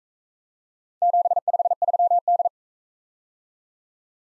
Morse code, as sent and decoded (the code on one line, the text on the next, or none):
--... ..... ...-- -..
753D